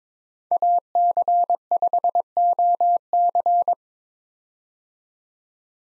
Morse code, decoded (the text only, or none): AC5OC